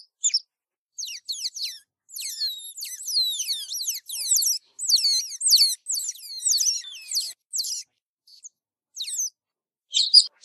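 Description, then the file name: Otter making a dense stream of thin, high squeaks that sweep downward, tumbling over one another for several seconds before thinning to a few sharp chirps. "Sonido de la Nutria"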